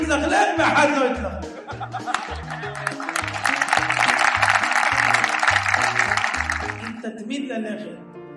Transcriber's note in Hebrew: הקהל מוחא כפים